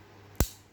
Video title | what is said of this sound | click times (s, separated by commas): Cara Lepas & Pasang Gearbox MS Chassis - for beginner | Oke, bagian belakangnya berbunyi klik, lalu tahan bagian depannya. | 0.4 s